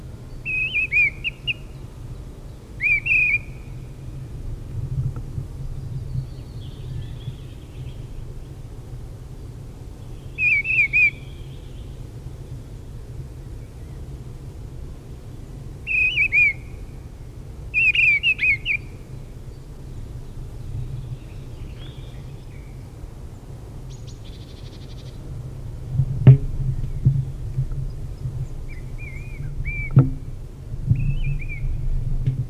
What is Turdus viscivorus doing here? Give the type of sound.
song